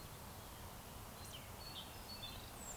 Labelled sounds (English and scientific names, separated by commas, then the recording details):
Eurasian Woodcock (Scolopax rusticola) whistle
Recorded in Baden-Württemberg, Germany, on 3 June 2021 at 19:45 UTC
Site 45499, 200 m above sea level